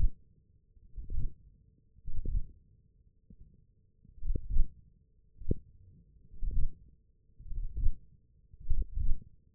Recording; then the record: forearm muscle sounds (acoustic myography)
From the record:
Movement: wrist extension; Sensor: system 1, eight BSWA MPA416 microphones around the upper forearm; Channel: 1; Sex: male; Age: 21 years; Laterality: right